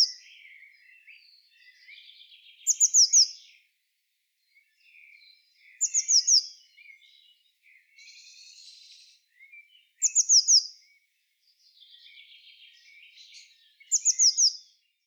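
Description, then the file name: Eurasian blue tit giving four bursts of four quick, high, thin notes, with faint softer twittering between. "Cyanistes caeruleus"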